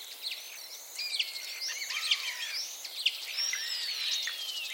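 Common starling chatter, many overlapping whistles, clicks and slurred notes forming a busy, continuous jumble of high sounds.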